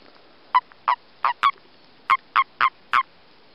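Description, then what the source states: Common toad mating calls: eight short, harsh croaks in two groups of four. Common toad recorded during breeding.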